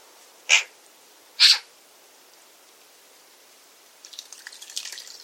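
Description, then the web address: Bird giving two quick sharp high notes about a second apart, then a patter of rain-like ticking noise. Bird call described as a 'pi pi pi pi' call. "cianscape birddata Deverinetal 2025"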